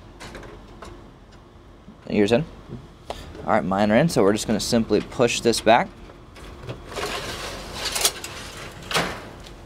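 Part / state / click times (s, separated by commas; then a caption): 1U server chassis on sliding rails into rack / seated / 8.2 s, 9.5 s. A Dell PowerEdge R240 1U server, its inner rails lined up with the rack's outer rails, is pushed back along the sliding rails into the rack while someone talks. A sliding rush is followed by locking clicks at 8.2 s and 9.5 s, and the server is locked into place and not moving.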